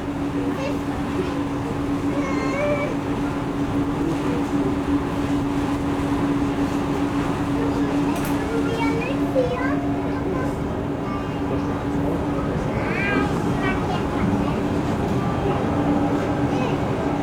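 On the ferry from Konstanz to Meersburg, a steady engine drone with a fixed low hum runs unchanged for the whole stretch. Voices murmur over it throughout, with a few higher, drawn-out calls rising briefly around the middle and toward the end.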